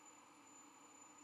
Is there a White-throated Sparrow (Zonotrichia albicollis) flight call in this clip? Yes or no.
no